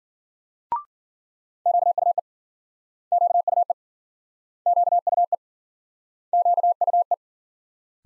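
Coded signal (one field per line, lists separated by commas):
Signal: Morse code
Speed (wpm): 53 wpm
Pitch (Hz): 700 Hz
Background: none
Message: QUE QUE QUE QUE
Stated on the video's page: Morse practice of multi-letter phonemes in Speed-Racing format, from 40 wpm slowing to a base speed; final repeat sent at maximum speed.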